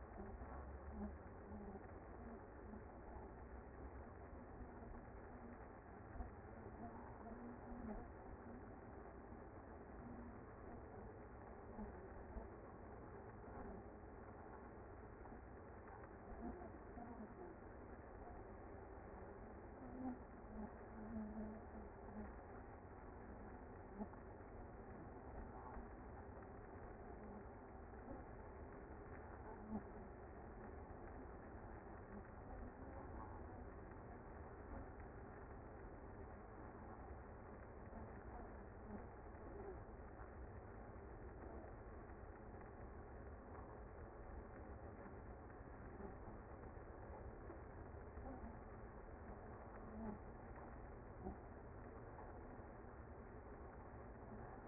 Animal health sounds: honeybee colony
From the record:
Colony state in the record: active

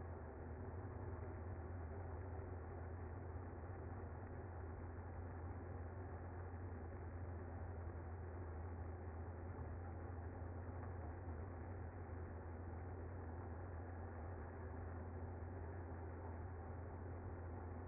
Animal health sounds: honeybee colony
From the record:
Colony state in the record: active

